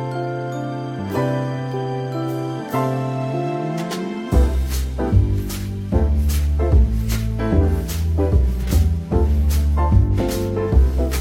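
Smooth jazz plays: for the first four seconds, held chords with a slow sliding tone. Just past four seconds a deep bass line and steady drum hits come in, setting a regular, even groove that carries through to the end.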